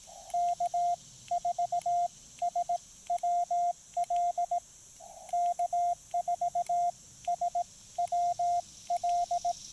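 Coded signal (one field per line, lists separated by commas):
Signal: Morse code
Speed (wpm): 17 wpm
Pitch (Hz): 700 Hz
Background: radio noise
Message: K4SWL K4SWL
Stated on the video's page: QRP CW during a POTA park activation including DX contacts, sent on a Discovery TX-500 into an MFJ-1984LP end-fed half-wave antenna.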